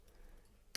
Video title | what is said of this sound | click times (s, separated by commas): Series Ematch Wiring | down, you'll get a nice positive click action, that's nice and secure. | 0.8 s